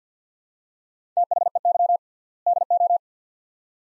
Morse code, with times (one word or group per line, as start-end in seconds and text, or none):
1.2-2.0 THEY
2.5-3.0 DO